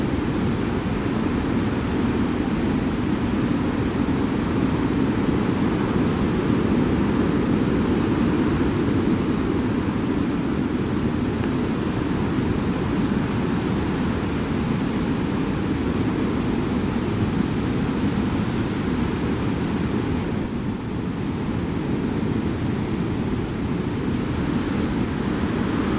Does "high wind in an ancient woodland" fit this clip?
yes